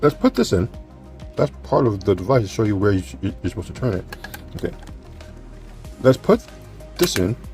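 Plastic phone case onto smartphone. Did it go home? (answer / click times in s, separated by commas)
no / none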